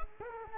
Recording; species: mosquito wingbeat signal from an infrared sensor; Culex quinquefasciatus